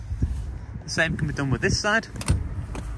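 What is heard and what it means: Someone talks while the second folded rear seat cushion of a used 2018 Honda Jazz EX Navi is handled, being lowered toward the car's seat base on the other side, with low thumps and rustling under the voice. Nothing has seated or clicked yet.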